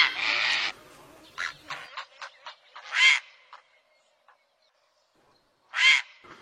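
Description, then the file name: Great blue heron: a long grating squawk, then a run of short clicking notes, another rasping call, a pause, and one final harsh squawk. "Canto do garca azul grande"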